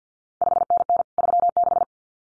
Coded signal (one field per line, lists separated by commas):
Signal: Morse code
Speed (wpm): 50 wpm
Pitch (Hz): 700 Hz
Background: none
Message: 5NN 36